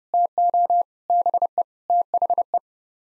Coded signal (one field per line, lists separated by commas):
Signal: Morse code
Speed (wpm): 36 wpm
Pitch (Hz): 700 Hz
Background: none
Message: TO BE THE